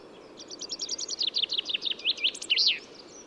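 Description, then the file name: Common chaffinch delivering one song phrase: a rapid run of crisp notes finishing with a loud emphatic flourish. "Fringilla coelebs"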